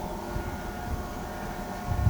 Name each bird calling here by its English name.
none